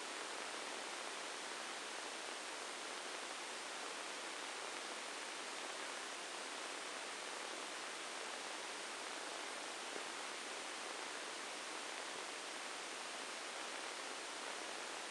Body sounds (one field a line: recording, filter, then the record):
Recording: brain microelectrode recording played as sound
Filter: spike band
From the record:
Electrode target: subthalamic nucleus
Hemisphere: right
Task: reaching with the left hand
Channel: 1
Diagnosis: Parkinson's disease